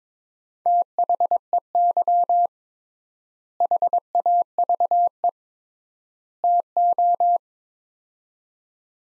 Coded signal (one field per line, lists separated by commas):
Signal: Morse code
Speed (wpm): 22 wpm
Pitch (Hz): 700 Hz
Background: none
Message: THEY HAVE TO